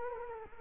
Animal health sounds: mosquito wingbeat signal from an infrared sensor; Culex quinquefasciatus

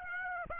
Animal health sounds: mosquito wingbeat signal from an infrared sensor; Aedes aegypti

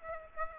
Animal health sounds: mosquito wingbeat signal from an infrared sensor; Aedes aegypti

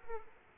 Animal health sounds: mosquito wingbeat signal from an infrared sensor; Aedes aegypti

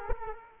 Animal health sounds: mosquito wingbeat signal from an infrared sensor; Culex quinquefasciatus

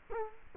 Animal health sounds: mosquito wingbeat signal from an infrared sensor; Culex quinquefasciatus

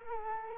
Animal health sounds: mosquito wingbeat signal from an infrared sensor; Culex quinquefasciatus

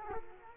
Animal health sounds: mosquito wingbeat signal from an infrared sensor; Culex quinquefasciatus

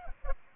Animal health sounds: mosquito wingbeat signal from an infrared sensor; Aedes aegypti

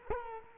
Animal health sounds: mosquito wingbeat signal from an infrared sensor; Culex quinquefasciatus

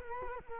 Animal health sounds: mosquito wingbeat signal from an infrared sensor; Culex quinquefasciatus

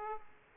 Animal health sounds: mosquito wingbeat signal from an infrared sensor; Aedes aegypti

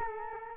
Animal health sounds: mosquito wingbeat signal from an infrared sensor; Culex quinquefasciatus

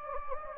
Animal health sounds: mosquito wingbeat signal from an infrared sensor; Anopheles gambiae

